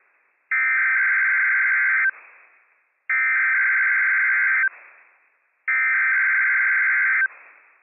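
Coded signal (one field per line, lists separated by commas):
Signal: Emergency Alert System (SAME) tones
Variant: header bursts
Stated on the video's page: SAME tones of a live Required Weekly Test from the National Weather Service in Pendleton, Oregon on WWF56 for Washington counties.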